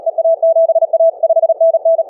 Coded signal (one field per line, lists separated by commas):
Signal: Morse code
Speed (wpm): 37 wpm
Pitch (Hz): 620 Hz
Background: none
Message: EA7A 5NN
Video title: dx calls practice